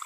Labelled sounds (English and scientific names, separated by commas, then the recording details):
Green-rumped Parrotlet (Forpus passerinus) babbling
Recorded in a nest box in Venezuela
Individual 18B25A5